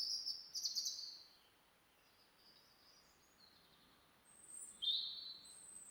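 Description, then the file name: European robin song: high, thin warbled phrases near the start, a quiet gap, then another sweet trilling phrase near the end; faint background hiss. "Erithacus rubecula"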